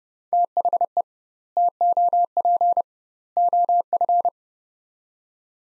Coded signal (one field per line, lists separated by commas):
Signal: Morse code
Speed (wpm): 30 wpm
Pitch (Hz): 700 Hz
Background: none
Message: THE TOP OF